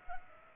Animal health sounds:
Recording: mosquito wingbeat signal from an infrared sensor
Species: Culex pipiens

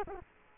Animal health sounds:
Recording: mosquito wingbeat signal from an infrared sensor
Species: Culex quinquefasciatus

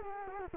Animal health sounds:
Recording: mosquito wingbeat signal from an infrared sensor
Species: Culex quinquefasciatus

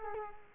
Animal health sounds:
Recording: mosquito wingbeat signal from an infrared sensor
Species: Culex quinquefasciatus

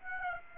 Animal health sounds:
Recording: mosquito wingbeat signal from an infrared sensor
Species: Aedes aegypti

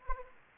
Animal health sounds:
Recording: mosquito wingbeat signal from an infrared sensor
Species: Anopheles arabiensis

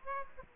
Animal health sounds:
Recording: mosquito wingbeat signal from an infrared sensor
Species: Aedes aegypti

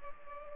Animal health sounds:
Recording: mosquito wingbeat signal from an infrared sensor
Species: Anopheles gambiae

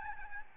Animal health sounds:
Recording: mosquito wingbeat signal from an infrared sensor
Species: Aedes albopictus

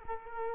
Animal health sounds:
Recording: mosquito wingbeat signal from an infrared sensor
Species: Culex quinquefasciatus

